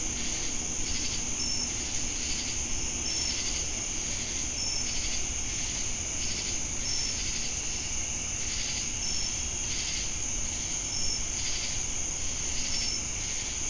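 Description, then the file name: Dense cricket chorus: a steady piercing trill, short chirps repeated at regular intervals, and a pulsing insect buzz over low rumble. Jamestown, North Carolina, USA, on August 10, 2018. "Crickets And Sacadas Jamestown NC August-10-2018"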